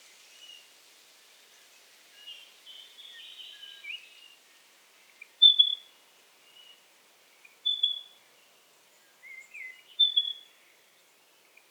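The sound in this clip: Pardalote giving bright, high-pitched chirps at intervals of roughly two seconds after a burst of soft twittering.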